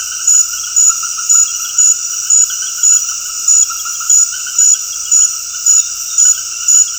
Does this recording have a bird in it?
no